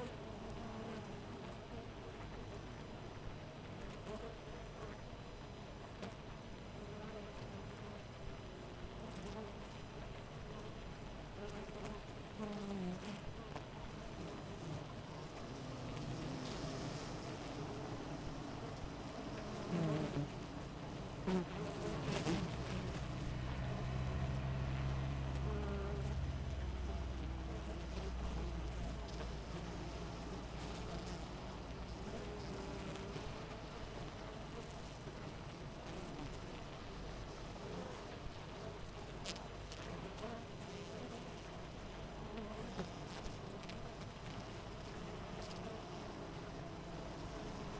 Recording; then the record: honeybee colony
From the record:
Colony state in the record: missing queen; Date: 14 July 2017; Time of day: 6:13